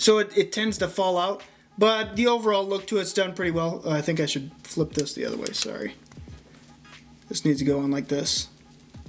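A plastic guitar accessory is flipped the other way round and pressed onto the back of a knockoff brick minifigure; the guitar's top does not seat completely, so it tends to fall out. Someone talks throughout, with a faint handling tick near 6.1 s. Nothing has seated or clicked yet by the end of the clip.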